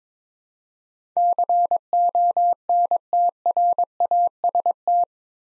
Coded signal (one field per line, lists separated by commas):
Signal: Morse code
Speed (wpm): 22 wpm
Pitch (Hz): 700 Hz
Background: none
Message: CONTRAST